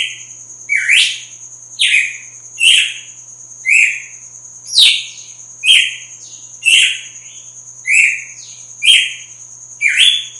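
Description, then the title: Red-cowled cardinal singing short bright chirped phrases, each dropping into a buzzy note, repeated about once a second, with a steady high whine throughout. Female singing strongly at dawn after the moult. "Canto Galo Campina Fêmea 02. GALO DE CAMPINA AÇOITA FORTE NA MADRUGADA DEPOIS DA MUDA"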